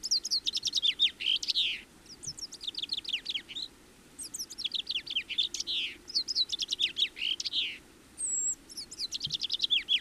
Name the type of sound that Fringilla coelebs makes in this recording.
song